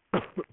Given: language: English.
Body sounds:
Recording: throat vibration sensor signal played as sound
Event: cough

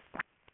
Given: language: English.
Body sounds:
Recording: throat vibration sensor signal played as sound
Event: swallow

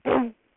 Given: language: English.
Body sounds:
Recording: throat vibration sensor signal played as sound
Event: throat clearing

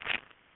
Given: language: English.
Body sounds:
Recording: throat vibration sensor signal played as sound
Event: swallow

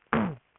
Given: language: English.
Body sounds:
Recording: throat vibration sensor signal played as sound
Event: throat clearing

